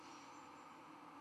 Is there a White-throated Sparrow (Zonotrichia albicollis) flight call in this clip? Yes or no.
no